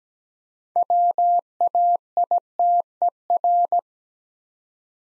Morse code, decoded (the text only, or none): WAITER